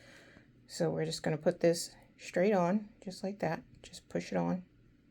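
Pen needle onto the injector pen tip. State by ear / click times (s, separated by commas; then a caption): not seated / none. A pen needle is being pushed straight onto the tip of a Zepbound KwikPen injector pen while someone talks. No click is heard, and nothing has seated or clicked yet.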